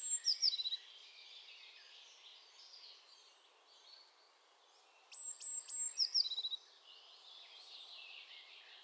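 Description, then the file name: Eurasian blue tit call bursts: a thin high note followed by quick falling chips, heard twice about five seconds apart, with soft bird chatter behind. "Cyanistes caeruleus"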